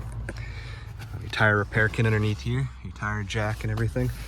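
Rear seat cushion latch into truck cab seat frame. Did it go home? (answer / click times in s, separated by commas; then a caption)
yes / 0.3 s. In a 2025 Chevrolet Silverado 1500 LT, the rear 60/40 split seat cushion, lifted by hand with no handle, locks into its raised position as its latch catches in the truck cab seat frame with a sharp click at 0.3 s. Someone then talks.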